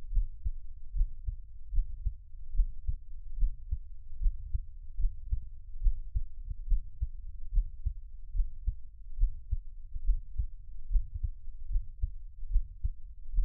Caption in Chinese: 獻上我的心跳 | Give my Heartbeat | NO Talking。